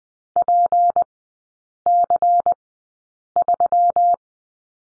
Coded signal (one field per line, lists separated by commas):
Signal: Morse code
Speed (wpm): 20 wpm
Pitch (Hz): 700 Hz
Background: none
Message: PC3